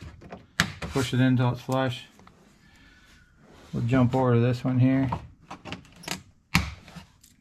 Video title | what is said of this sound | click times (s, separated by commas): Honda Talon 1000R Shift Gate. Who needs safety nets !! #honda #mods #build | You'll hear it snap when it goes into place. | 6.5 s